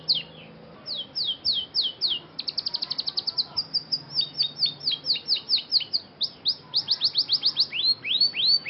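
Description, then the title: Scotch Fancy canary song, a fast run of high sweeping whistles and rapid trills, varied phrases repeated several times a second with a faint low hum beneath. Scotch Fancy canary singing an elaborate song style called cengkok mewah, described as gacor, meaning singing constantly. "Cengkok Kenari Mewah. KENARI SCOTCH FANCY GACOR CENGKOK MEWAH"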